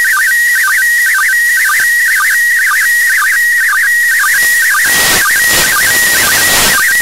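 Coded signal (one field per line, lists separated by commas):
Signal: SSTV (slow-scan television)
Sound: warbling tone near 1.9 kHz with regular low chirping dips, over hiss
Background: radio static, fading bursts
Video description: picture 2 starts at 5:00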